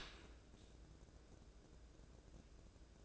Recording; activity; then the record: daily activity, microphone in the room; open dishwasher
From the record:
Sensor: 2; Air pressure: 1012.2 hPa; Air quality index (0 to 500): 146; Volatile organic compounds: 2 ppm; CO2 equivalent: 1073 ppm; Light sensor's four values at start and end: 308/756/307/312 and 302/742/301/305